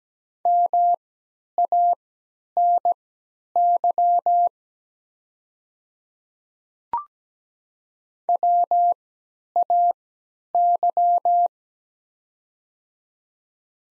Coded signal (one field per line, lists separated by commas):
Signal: Morse code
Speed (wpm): 17 wpm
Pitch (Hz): 700 Hz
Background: none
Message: MANY WAY